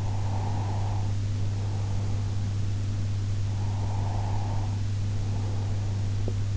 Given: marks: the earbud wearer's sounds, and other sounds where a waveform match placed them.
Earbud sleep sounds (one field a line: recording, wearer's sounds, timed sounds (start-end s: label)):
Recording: sounds in sleep by an in-ear microphone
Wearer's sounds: breath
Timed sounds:
0.03-2.61 s: breath
3.52-5.92 s: breath